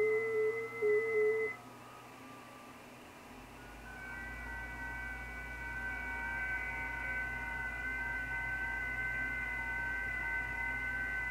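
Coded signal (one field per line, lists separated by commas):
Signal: FT8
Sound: a few thin steady warbling tones over hiss, shifting pitch slightly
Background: radio static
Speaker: ft 8 sounds like this on the radio I'll turn it up hissing here [Music] there you go so I'll turn that back down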